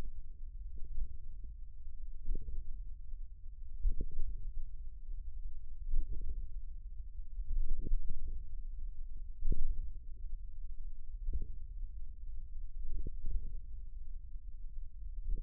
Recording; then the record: forearm muscle sounds (acoustic myography)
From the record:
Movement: hook grip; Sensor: system 1, eight BSWA MPA416 microphones around the upper forearm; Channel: 6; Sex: male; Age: 54 years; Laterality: right